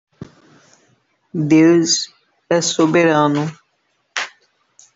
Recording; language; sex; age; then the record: short text; Brazilian Portuguese; female; 50 to 59 years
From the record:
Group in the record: control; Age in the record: 55 years